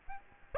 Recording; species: mosquito wingbeat signal from an infrared sensor; Aedes aegypti